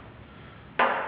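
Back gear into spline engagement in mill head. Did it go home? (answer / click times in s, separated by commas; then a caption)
yes / 0.8 s. A steel back gear in the head of a Bridgeport mill with a 2J variable speed drive is pushed into mesh with its splines against the pressure of three springs. After a low, steady background hush, a sharp metallic click sounds at 0.8 s and rings briefly. The splines seat into engagement, the same click made when shifting into high speed or direct drive.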